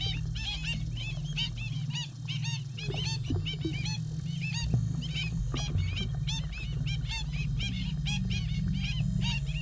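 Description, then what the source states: Black stilt calls: dense, repeated yapping notes over a continuous low drone. Kakī calls from Madison Kelly's exhibition artwork, combined with a glass-and-water instrument she devised; the kakī is one of the world's most endangered birds.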